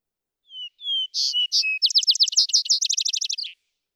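Vesper sparrow song beginning with two clear whistles, then buzzy notes and a long trill of short sliding notes.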